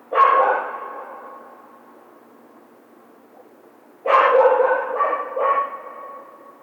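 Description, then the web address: Coyote barks: one hoarse bark, a long quiet gap, then a cluster of three rough barking yelps. Howl, recorded 16 March 2010. "sounds mammals Coyote 2010 03 16 11 howl"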